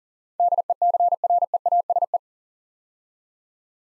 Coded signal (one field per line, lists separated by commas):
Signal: Morse code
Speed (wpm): 40 wpm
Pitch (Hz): 700 Hz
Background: none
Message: DECREASE